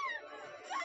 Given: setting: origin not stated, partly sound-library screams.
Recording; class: one-second piece from a danger detection set; woman in danger